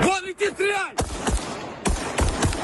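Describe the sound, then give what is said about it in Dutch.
A voice calls out briefly, then loud gunfire cracks in a handful of sharp, irregular shots, each followed by a rumbling echo-like tail, as army and police in Ukraine shoot at Iranian kamikaze drones during Russian attacks. “Leger en politie doen hun best om ze uit de lucht te schieten.”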